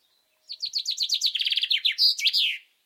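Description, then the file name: Common chaffinch song: a fast descending series of bright chipping notes speeding into a lower rattling trill, ending in a loud flourish, about two seconds long. "Fringilla coelebs"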